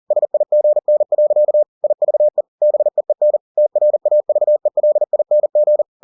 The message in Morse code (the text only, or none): SIGN. IVE BEEN TRAVELING